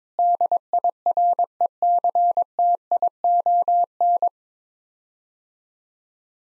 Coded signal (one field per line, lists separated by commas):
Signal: Morse code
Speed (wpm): 22 wpm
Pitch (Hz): 700 Hz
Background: none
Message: DIRECTION